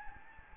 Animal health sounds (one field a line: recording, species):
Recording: mosquito wingbeat signal from an infrared sensor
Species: Anopheles gambiae